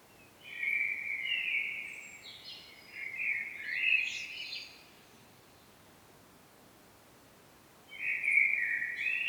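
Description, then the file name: Common blackbird song: a long series of varied fluted and warbled notes climbing into scratchy high flourishes, a pause of a few seconds, then another phrase begins. "Turdus merula"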